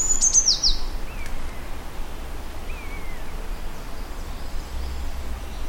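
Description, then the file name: Eurasian blue tit call: one quick burst of high, thin, falling notes at the start, then two softer slurred whistles amid steady low rumble. "Cyanistes caeruleus"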